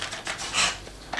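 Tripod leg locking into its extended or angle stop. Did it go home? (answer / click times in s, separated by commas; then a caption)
no / none. A new carbon-fibre ARTCISE AS90C PRO tripod, just unboxed, is handled as a leg section is pulled down toward its locking stop, which is released by twisting. Short rubbing and sliding sounds are heard, with a brief tap near 0.0 s, a louder swishing slide around 0.6 s, and another short tap at 1.2 s. Nothing has seated or clicked into place yet.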